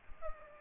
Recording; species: mosquito wingbeat signal from an infrared sensor; Aedes aegypti